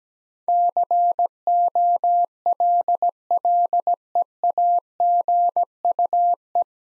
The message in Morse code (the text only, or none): COLLEAGUE